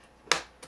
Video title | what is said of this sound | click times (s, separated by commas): Herotab MID816 - Samsung S5PV210 - Internals - Dissection - Teardown | each of those little tabs you can hear the snap as it goes | 0.3 s